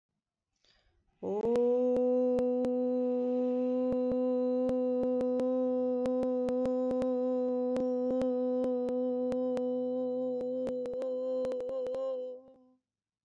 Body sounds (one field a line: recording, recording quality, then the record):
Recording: sustained vowel as in boot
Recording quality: excellent, no background noise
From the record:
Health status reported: COVID-19 positive, mild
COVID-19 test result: positive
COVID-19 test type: RT-PCR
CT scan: not taken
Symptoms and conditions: cough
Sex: female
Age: 29 years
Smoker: no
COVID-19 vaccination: both doses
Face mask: not worn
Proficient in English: yes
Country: India